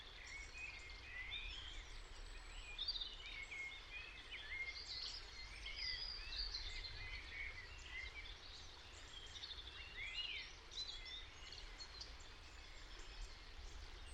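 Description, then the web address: European robin song, a run of varied high, sweet phrases with tinkling trills and slurred whistles, over constant low rumbling noise. "Deverinetal 2025 File origin Bird Only Er Ru"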